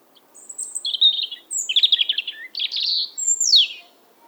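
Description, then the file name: European robin song: a sweet, fluting phrase of high whistles, rapid trills and warbling notes, ending in a fast descending twittering slide. "Erithacus rubecula"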